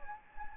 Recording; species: mosquito wingbeat signal from an infrared sensor; Anopheles gambiae